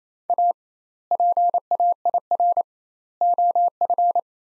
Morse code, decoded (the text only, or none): A PAIR OF